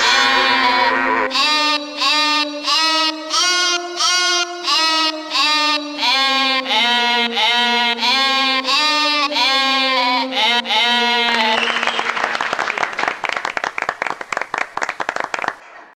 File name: ovce